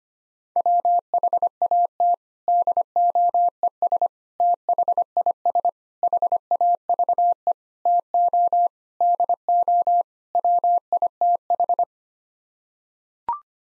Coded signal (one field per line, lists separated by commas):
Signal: Morse code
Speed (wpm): 25 wpm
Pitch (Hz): 700 Hz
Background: none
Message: WHAT DOES THIS HAVE TO DO WITH